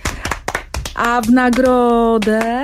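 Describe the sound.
A short burst of applause from a small group on a Polish Radio Trójka program applauding themselves: several sharp, uneven hand claps, then a voice holds a long, steady vocal note while a few more claps continue beneath it.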